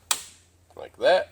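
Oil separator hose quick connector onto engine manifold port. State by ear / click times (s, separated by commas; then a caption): seated / 0.1 s. A hose quick-connect fitting from a J&L 3038P oil separator is pushed onto its port on the engine manifold of a 2013-2018 Ford Escape 2.0L EcoBoost, giving one loud, sharp snap at 0.1 s. A faint low hum continues underneath, and afterward someone talks. The connector is seated on the manifold port.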